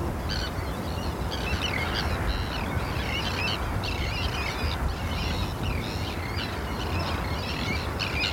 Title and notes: listening to cries of terns from a bird hide at Hodbarrow, Cumbria. listen to the exotic cries of terns at RSPB Hodbarrow nature reserve in Cumbria. Recorded by Martin Maudsley